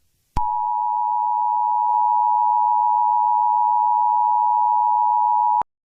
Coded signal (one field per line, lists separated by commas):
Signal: Emergency Alert System (SAME) tones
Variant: 853 and 960 Hz attention tone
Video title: EAS Scenario: the Plane Crash (VALID EAS TONES)